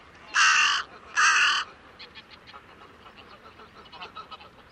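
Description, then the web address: Bird calling twice with rough, buzzy caws, then faint clicking and chirping sounds continue in the background. "cianscape. Deverinetal 2025. Bird Only"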